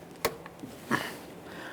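A plastic wiring harness retainer clip is lined up with the mounting stud by the brake master cylinder on a 2015-2020 Ford F-150 and pressed on. A sharp snap at 0.3 s marks the clip seating onto the stud, followed by a fainter tick and a softer broadband scuff near 0.9 s. The clip is seated and secured.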